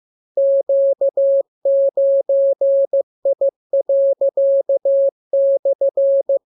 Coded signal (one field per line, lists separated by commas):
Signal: Morse code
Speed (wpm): 15 wpm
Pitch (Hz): 550 Hz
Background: none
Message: Q9I./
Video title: Learning Morse Code. Lesson 26. Letter KMURESNAPTLWI.JZ=FOY,VG5/Q9